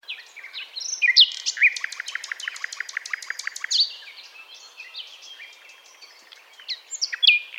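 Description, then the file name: Common nightingale song: varied rich phrases, then a long fast series of sharp repeated notes, followed by scattered whistles and chirps. "Luscinia megarhynchos"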